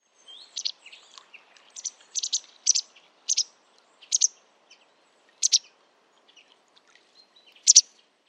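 Bird calls: a series of short, high, sharp chirps, some doubled, given in irregular bursts over about eight seconds against a quiet background.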